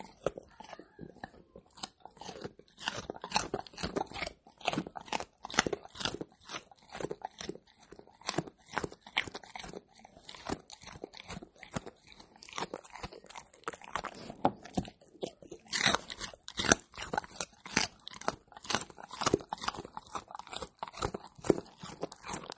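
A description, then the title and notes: Carrots being eaten, with a rapid, irregular stream of sharp crunching bites and chews running for the whole 23 seconds. Each crunch is a brief, bright crack with quiet gaps between, and a few louder bites stand out around the middle, near 16 seconds. Eating Carrots.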